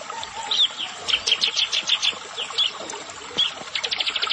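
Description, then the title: Prinia: jumbled high chips and short notes at first, ending in a quick run of sharp notes. "Ciblek Sawah"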